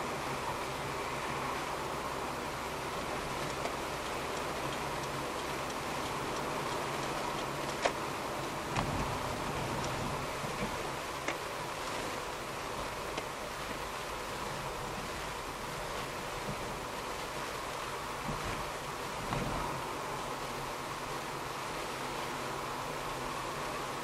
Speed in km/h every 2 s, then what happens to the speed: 52, 52, 53, 54, 55, 53, 52, 52, 51, 49, 49, 49.
0-24 steady at about 52.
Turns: none.